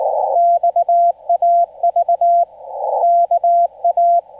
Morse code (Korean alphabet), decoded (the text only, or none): 콜 오